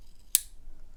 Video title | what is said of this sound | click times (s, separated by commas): OLFA SAC-1 30 Degrees Review | And slide in the whole thing to the handle until you hear the click. | 0.4 s